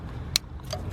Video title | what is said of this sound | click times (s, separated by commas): TUTORIAL: 2008 - 2015 Scion XB Spark Plug and Coil Replacement - EASY 20 MINUTE JOB | clip in really easy once you hear that click they're all done now | 0.4 s